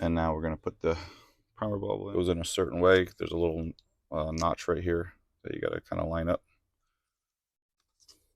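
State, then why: Not seated. A primer bulb is being lined up with a small notch on the carburetor primer housing of a Toro string trimmer during a carb rebuild, before it is pressed in. Someone talks, and then it falls quiet. Nothing has seated or clicked yet.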